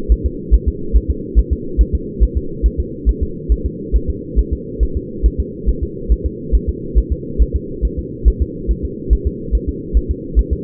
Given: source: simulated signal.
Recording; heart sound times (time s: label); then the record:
fetal heart sounds
0.12 s: S1
0.26 s: S2
0.54 s: S1
0.68 s: S2
0.97 s: S1
1.11 s: S2
1.39 s: S1
1.53 s: S2
1.81 s: S1
1.95 s: S2
2.23 s: S1
2.37 s: S2
2.66 s: S1
2.80 s: S2
3.09 s: S1
3.23 s: S2
3.52 s: S1
3.66 s: S2
3.96 s: S1
4.10 s: S2
4.39 s: S1
4.53 s: S2
4.83 s: S1
4.97 s: S2
5.26 s: S1
5.40 s: S2
5.69 s: S1
5.83 s: S2
6.12 s: S1
6.26 s: S2
6.55 s: S1
6.69 s: S2
6.98 s: S1
7.12 s: S2
7.42 s: S1
7.56 s: S2
7.85 s: S1
7.99 s: S2
8.28 s: S1
8.42 s: S2
8.71 s: S1
8.85 s: S2
9.13 s: S1
9.27 s: S2
9.55 s: S1
9.69 s: S2
9.97 s: S1
10.11 s: S2
10.39 s: S1
10.53 s: S2
From the record:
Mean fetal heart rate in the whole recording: 140 bpm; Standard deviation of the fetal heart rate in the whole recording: 2 bpm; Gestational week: 34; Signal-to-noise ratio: -4.3 dB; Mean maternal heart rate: 72 bpm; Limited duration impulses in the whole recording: absent